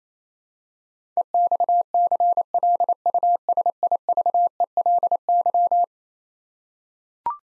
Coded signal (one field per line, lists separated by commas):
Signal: Morse code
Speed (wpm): 28 wpm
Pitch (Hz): 700 Hz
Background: none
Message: EXCLUSIVELY